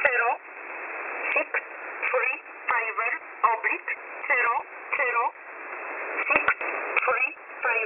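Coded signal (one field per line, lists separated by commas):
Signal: numbers station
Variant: E11 Oblique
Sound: short spoken words read at steady intervals through narrow-band shortwave hiss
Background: radio static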